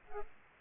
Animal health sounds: mosquito wingbeat signal from an infrared sensor; Aedes aegypti

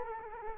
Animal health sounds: mosquito wingbeat signal from an infrared sensor; Culex quinquefasciatus

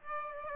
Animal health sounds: mosquito wingbeat signal from an infrared sensor; Aedes aegypti

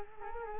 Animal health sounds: mosquito wingbeat signal from an infrared sensor; Culex quinquefasciatus

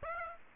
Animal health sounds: mosquito wingbeat signal from an infrared sensor; Aedes aegypti

